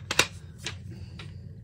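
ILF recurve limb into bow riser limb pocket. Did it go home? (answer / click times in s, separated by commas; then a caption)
yes / 0.1 s, 0.2 s. An ILF recurve bow limb is pushed into the limb pocket on a Fairbow Revan riser, giving two sharp clicks at 0.1 and 0.2 s, followed by fainter taps around 0.7 and 1.2 s. The limb locks in and is seated, and the bow is put together.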